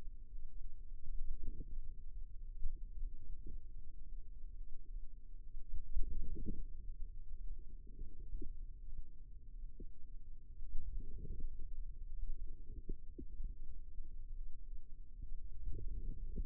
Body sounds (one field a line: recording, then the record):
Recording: forearm muscle sounds (acoustic myography)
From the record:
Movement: wrist flexion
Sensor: system 2, bracelet of six BSWA MPA416 microphones around the upper forearm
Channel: 3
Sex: female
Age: 22 years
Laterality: right